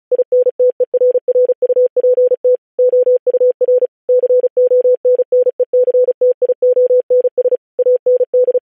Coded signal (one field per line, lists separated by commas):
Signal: Morse code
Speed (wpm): 36 wpm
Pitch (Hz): 500 Hz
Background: none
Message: INTERRUPT OUR CONNECTIONS AND